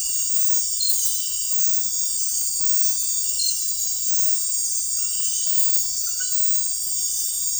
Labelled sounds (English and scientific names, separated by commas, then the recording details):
none
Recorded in dense forest near Puerto Asís, Putumayo, Colombia, on 20 February 2024 at 03:30
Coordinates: 0.484, -76.317
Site G6464